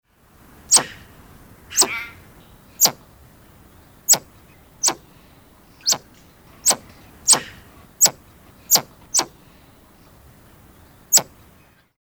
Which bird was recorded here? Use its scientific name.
Pauxi pauxi